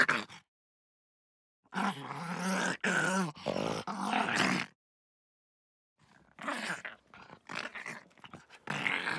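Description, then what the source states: Pug snarling in rough, gravelly bursts, one short burst and then two longer runs of harsh growling separated by brief pauses. Hard snarl.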